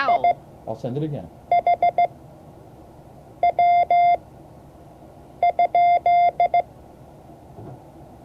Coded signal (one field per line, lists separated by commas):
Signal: Morse code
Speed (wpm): 16 wpm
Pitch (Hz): 700 Hz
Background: speech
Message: IHW?